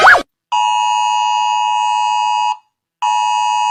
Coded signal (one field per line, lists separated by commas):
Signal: Emergency Alert System (SAME) tones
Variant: 853 and 960 Hz attention tone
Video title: Rating eas alarms with my hater P2(NEW CLIPS)